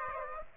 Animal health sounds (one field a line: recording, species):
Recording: mosquito wingbeat signal from an infrared sensor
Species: Aedes aegypti